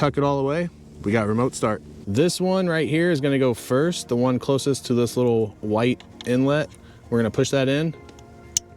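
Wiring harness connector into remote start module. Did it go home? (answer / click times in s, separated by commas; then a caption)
yes / 8.6 s. Someone talks over background music while a plastic wiring-harness connector is pushed into a remote-start module box on a Kia Stinger, starting with the connector nearest the little white inlet. A faint tick comes at 8.2 seconds, then a sharp click at 8.6 seconds as the connector seats in the module.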